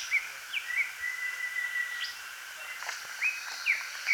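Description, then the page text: Greater green leafbird song: a few short, sharp whistled chirps and upward-flicking notes at irregular gaps, with one drawn-out thin whistled tone, over soft background hiss. "Greater Green Leafbird Song. Quick Sounds"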